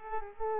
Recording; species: mosquito wingbeat signal from an infrared sensor; Culex pipiens